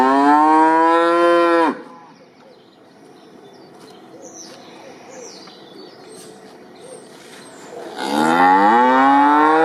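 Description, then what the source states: Cow lowing twice, two loud moos separated by a quiet stretch with a few faint high chirps. Cow mooing on a farm.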